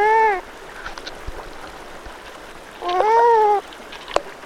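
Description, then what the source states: Beaver whining calls, two drawn-out harmonic whines, the first short, the second longer and slightly wavering, with quiet background hiss and a sharp click. A forest animal.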